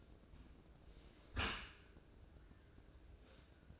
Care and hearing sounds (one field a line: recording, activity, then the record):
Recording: daily activity, microphone in the room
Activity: close dishwasher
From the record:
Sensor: 2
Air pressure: 1012.2 hPa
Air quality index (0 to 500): 146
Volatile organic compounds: 2 ppm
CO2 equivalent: 1072 ppm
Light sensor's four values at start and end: 290/711/289/292 and 290/711/289/292